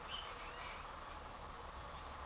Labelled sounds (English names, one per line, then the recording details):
none
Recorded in forest near Pivijay, Magdalena, Colombia, on 6 June 2023 at 08:30
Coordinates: 10.467, -74.380
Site Z5-G034